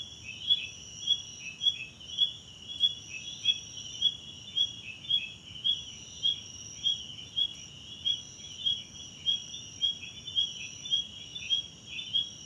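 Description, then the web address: Crickets chirp in a regular high pulsing rhythm, about two chirps a second, over a steady shrill background chorus. South African crickets, background night ambience, recorded in a wetland park at Kosi Forest Lodge, South Africa. "Tonschliff - SOUTH AFRICAN CRICKETS BG South Africa Wetland Park Kosi Forest Lodge Night"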